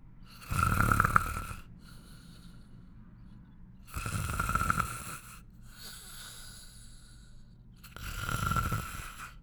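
An adult sleeper snoring: three loud, low-pitched, rattling snores about every 4 seconds, with quieter breathing between them.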